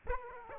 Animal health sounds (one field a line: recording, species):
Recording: mosquito wingbeat signal from an infrared sensor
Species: Aedes aegypti